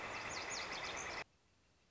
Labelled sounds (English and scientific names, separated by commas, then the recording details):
Northern Flicker (Colaptes auratus)
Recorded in Sonoma County, California